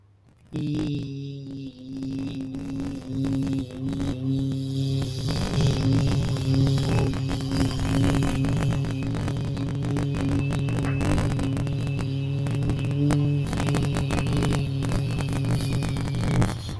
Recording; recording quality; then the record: sustained vowel as in beet; poor, much background noise or distortion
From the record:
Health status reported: healthy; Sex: male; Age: 21 years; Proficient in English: yes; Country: India